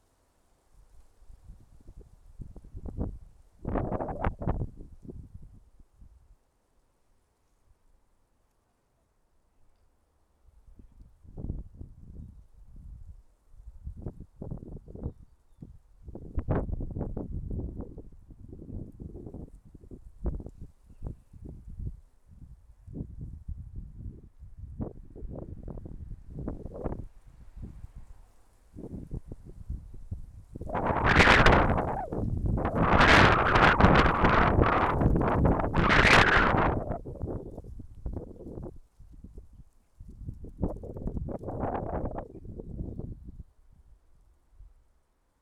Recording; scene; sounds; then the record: everyday scene through a hearing-aid microphone; wind on the microphone; wind, traffic, voices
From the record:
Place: suburban garden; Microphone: behind the ear, left, rear